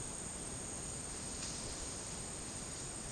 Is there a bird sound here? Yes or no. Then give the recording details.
no. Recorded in dense forest near Puerto Asís, Putumayo, Colombia, on 24 June 2025 at 12:30. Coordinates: 0.499, -76.324. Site G100